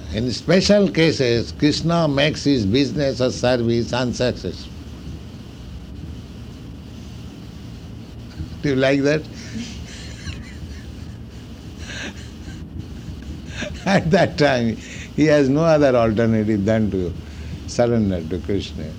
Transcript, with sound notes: in special cases, Kṛṣṇa makes his business or service unsuccessful. Do you like that? [laughs] At that time he has no other alternative than to surrender to Kṛṣṇa.